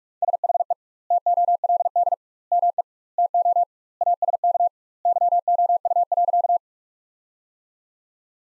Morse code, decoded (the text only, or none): SHE TOLD ME TO ASK YOU.